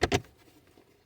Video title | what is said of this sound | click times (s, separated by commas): Toyota Gear Shift Light Harness Replacement | You'll hear the click. | 0.0 s